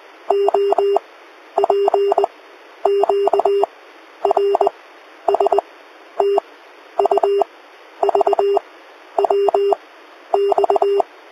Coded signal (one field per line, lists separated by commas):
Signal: Morse code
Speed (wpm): 20 wpm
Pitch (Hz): 400 Hz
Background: none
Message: O P Q R S T U V W X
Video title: morse code sound effect - Sky Sound Effect | Sound Effects | sounds | Sound fx | Free Sound Effects